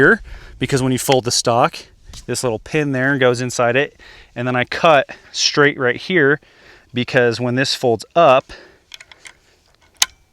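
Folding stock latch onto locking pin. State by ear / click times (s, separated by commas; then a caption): seated / 10.0 s. Someone talks about the tape cut on a Mini-14 SBR while folding the stock up, and a few small clicks follow around 8.9 to 9.3 s. At 10.0 s a loud, sharp snap is heard as the folding stock latch locks around its pin, seating and holding the stock closed.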